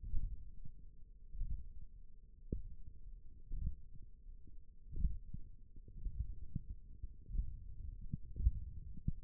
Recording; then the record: forearm muscle sounds (acoustic myography)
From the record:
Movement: index flexion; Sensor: system 1, eight BSWA MPA416 microphones around the upper forearm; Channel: 2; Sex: male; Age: 21 years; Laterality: right